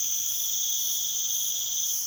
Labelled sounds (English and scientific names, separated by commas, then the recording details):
none
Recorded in pastures near Puerto Asís, Putumayo, Colombia, on 21 March 2025 at 23:30
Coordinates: 0.487, -76.322
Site G077